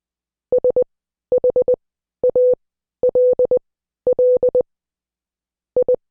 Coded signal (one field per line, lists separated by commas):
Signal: Morse code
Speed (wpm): 20 wpm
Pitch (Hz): 500 Hz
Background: none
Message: SHALL I